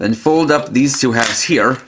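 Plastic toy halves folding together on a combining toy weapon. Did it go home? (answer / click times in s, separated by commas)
no / none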